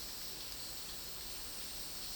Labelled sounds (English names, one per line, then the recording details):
none
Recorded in dense forest near Puerto Asís, Putumayo, Colombia, on 18 February 2024 at 12:00
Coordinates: 0.499, -76.324
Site G6469